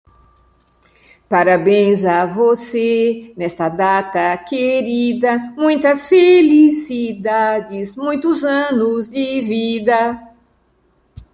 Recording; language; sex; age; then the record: short text; Brazilian Portuguese; female; 60 to 69 years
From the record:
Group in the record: control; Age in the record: 68 years